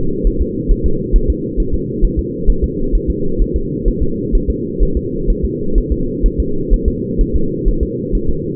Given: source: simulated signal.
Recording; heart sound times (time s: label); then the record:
fetal heart sounds
0.27 s: S1
0.41 s: S2
0.72 s: S1
0.86 s: S2
1.16 s: S1
1.30 s: S2
1.60 s: S1
1.74 s: S2
2.04 s: S1
2.19 s: S2
2.50 s: S1
2.64 s: S2
2.95 s: S1
3.10 s: S2
3.41 s: S1
3.56 s: S2
3.88 s: S1
4.03 s: S2
4.35 s: S1
4.50 s: S2
4.83 s: S1
4.97 s: S2
5.30 s: S1
5.45 s: S2
5.78 s: S1
5.92 s: S2
6.26 s: S1
6.40 s: S2
6.73 s: S1
6.88 s: S2
7.21 s: S1
7.35 s: S2
7.68 s: S1
7.83 s: S2
8.15 s: S1
8.29 s: S2
From the record:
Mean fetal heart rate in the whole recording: 130 bpm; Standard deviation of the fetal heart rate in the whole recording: 2 bpm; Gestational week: 38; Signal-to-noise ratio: -8.1 dB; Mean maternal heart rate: 72 bpm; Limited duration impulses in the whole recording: absent